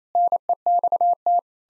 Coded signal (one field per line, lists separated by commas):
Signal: Morse code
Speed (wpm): 27 wpm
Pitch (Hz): 700 Hz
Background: none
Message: NEXT